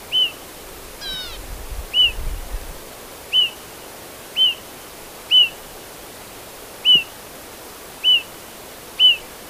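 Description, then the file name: Bushchat call: a short upturned whistle given eight times over steady background hiss, with a brief buzzy note and low rumble early on. "decu call omkicau"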